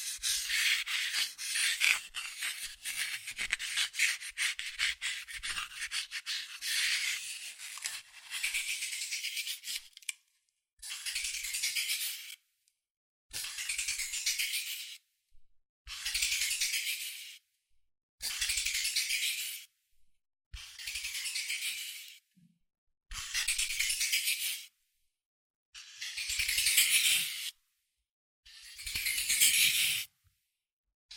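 Fast scratching and tracing on cardboard or paper, a dense, bright, papery rasp that runs almost continuously for the first ten seconds. After that it breaks into regular strokes of about a second each, separated by short silences, roughly every two seconds until the end.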